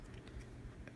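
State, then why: Seated. A rechargeable battery is pushed into the battery compartment of a compact digital camera, a 4K Vetek digital vlogging camera, until it pops into place. Faint handling sounds and a light tap near 0.3 s lead up to a short, sharp click at 0.9 s as the battery seats.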